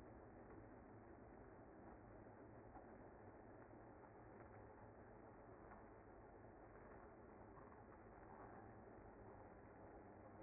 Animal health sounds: honeybee colony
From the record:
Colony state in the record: active

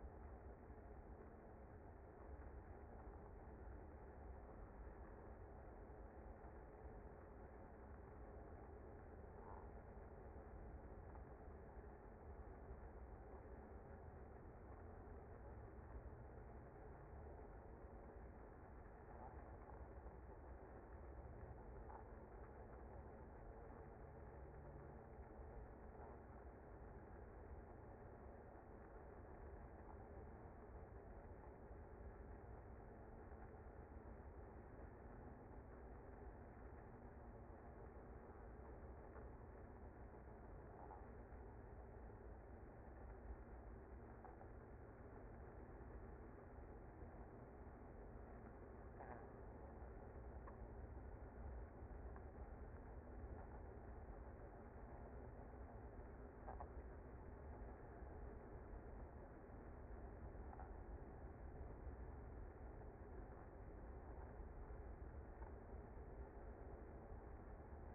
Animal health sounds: honeybee colony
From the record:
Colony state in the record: active

